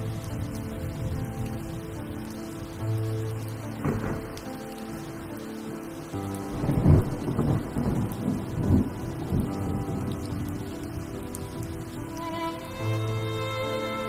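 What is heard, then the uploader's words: Steady rain hisses throughout, mixed with low sustained musical tones. Low rumbling swells rise near four seconds and again from about six to nine seconds, like thunder. Higher held notes enter near the end. Original sound tracks with rain.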